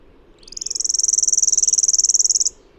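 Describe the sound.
Bird trill, high-pitched and buzzy, made of rapid, evenly spaced pulses over about two seconds, with a gradual start and abrupt end.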